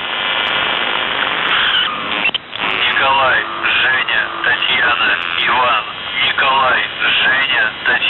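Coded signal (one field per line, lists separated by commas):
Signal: numbers station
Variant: UVB-76, Russian voice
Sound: a male voice reading words over noisy shortwave radio, with no buzz tones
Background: radio static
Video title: The Buzzer/UVB-76(4625Khz) May 11th, 2023 Voice messages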